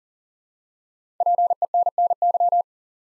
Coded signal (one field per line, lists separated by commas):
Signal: Morse code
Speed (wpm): 40 wpm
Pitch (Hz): 700 Hz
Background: none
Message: PENNY